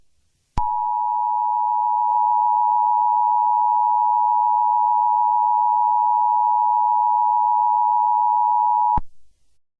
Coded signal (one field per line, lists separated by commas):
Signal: Emergency Alert System (SAME) tones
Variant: 853 and 960 Hz attention tone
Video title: EAS Scenario #10: Barney Error